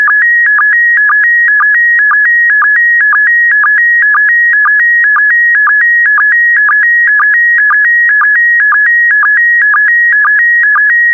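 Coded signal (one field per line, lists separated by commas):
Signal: SSTV (slow-scan television)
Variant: PD120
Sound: steady high whistle with quick warbling dips and low blips, twice per second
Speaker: the next image transmission will start in 10 seconds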